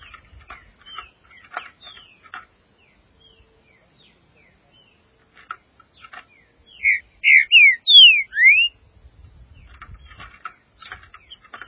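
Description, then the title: Green-winged saltator song of five loud, clear whistled notes in the middle, framed by sparse clicks and short chips. "Trinca Ferro"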